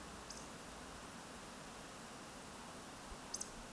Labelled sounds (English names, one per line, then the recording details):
Eurasian Woodcock whistle
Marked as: whistle, whistle
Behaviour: display flight
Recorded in Baden-Württemberg, Germany, on 16 May 2020 at 02:35 UTC
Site 46190, 1214 m above sea level